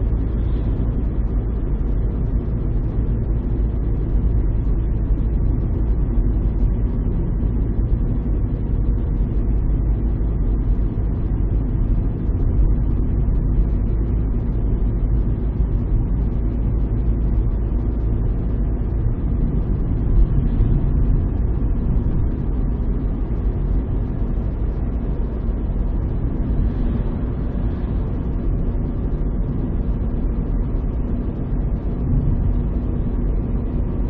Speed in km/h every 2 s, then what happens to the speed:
42, 47, 41, 40, 40, 41, 41, 41, 43, 44, 45, 46, 46, 46, 46, 46, 46.
0-34 steady at about 44.